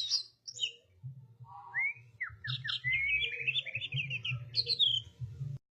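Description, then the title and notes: Oriental magpie-robin song of clear whistles, rising slurred notes and fast chattering trills, with a low hum running beneath. "suara kacer. kumpulan suara burung kacer"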